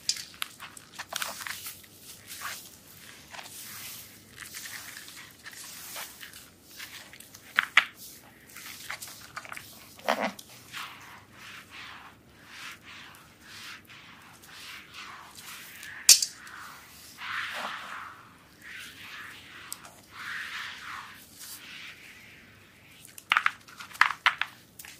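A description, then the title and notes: Soapy massage sounds of wet squishing and crackling lather come in quick uneven bursts, with sharp louder clicks around 8, 10, 16 and 24 seconds. ASMR soap massage with relaxing sounds.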